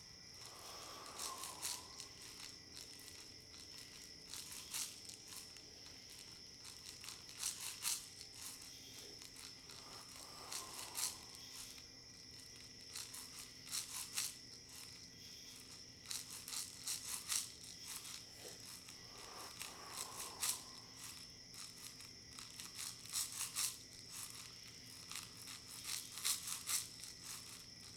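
A shaker rattles in loose, repeated bursts over a steady high chirring of crickets, with a low sustained hum underneath. Around 1, 10 and 20 seconds a softer swelling tone rises and fades. The shaking grows busier toward the end.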